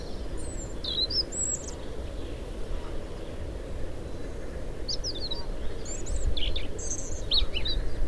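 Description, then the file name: European robin song: thin, high, varied twittering phrases with sliding and trilled notes in short bursts, over a constant low rumbling background noise. "Erithacus rubecula"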